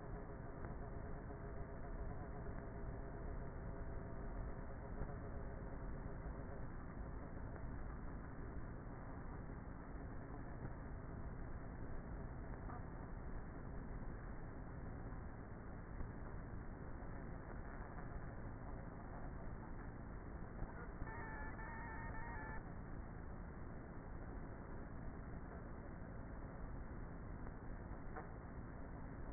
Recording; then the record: honeybee colony, microphone inside the hive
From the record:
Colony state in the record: queenless with a low population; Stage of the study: before two queens were removed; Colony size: about 30,000 bees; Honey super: no